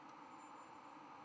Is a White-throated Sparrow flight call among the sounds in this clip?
no